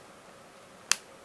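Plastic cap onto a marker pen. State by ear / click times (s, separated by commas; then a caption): seated / 0.9 s. A plastic cap is pushed onto a thin-tip marker pen until it snaps shut, so the pen is closed well. The room stays quiet until one sharp, bright click at 0.9 s, which fades quickly. The cap is seated.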